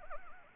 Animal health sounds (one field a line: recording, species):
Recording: mosquito wingbeat signal from an infrared sensor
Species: Anopheles gambiae